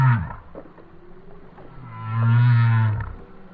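Whale song: a brief low grunt, then one long, steady, deep moan that holds its pitch before fading away.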